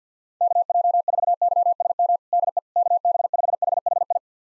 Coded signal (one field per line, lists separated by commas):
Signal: Morse code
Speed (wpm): 50 wpm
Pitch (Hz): 700 Hz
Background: none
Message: KJ4YSM DE KB5HHI